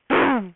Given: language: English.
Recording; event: throat vibration sensor signal played as sound; throat clearing